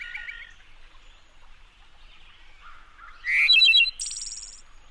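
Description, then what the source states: Wood Thrush song: a faint fluted phrase at the start, then a clear rising flute-like phrase followed by a thin, shimmering high trill. Late April day in a deep ravine in the Smoky Mountains.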